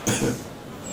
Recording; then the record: coughing mixed with background sound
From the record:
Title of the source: Spring Cold Coughing.